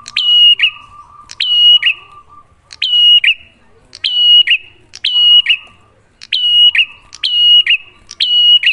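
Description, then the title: Bar-winged prinia giving repeated phrases, each of sharp click-like notes and a level whistle ending in a buzz. Prenjak lure (pancingan) recording, a duet of Cililin versus Kapas Tembak birds, singing actively (gacor) with a clear voice, to make listeners' own prenjak sing better. "Masteran Duet Cililin Vs Kapas Tembak. Pancingan Prenjak Gacor Suara Jernih"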